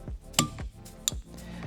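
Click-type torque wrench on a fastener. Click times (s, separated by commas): 0.4 s, 1.1 s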